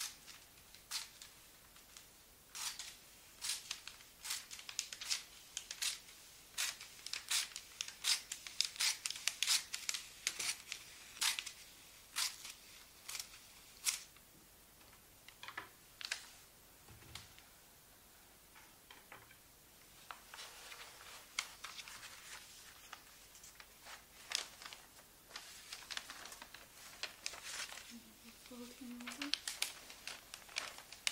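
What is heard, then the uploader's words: Gift paper crinkles and rustles, with sharp bright crackles and snips arriving in quick irregular bursts throughout. The handling thins briefly around the middle, and a soft low murmur surfaces near the end. ASMR Role play - Helpful elf - wrapping gifts - paper - crinkle.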